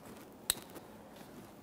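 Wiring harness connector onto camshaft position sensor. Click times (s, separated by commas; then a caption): 0.5 s. A wiring harness plug is pushed onto the camshaft position sensor of a 2010-2013 Kia Forte Koup with the 2.4L L4 engine. A single sharp click sounds at 0.5 s over quiet background, followed by a faint tick just after. The connector is seated.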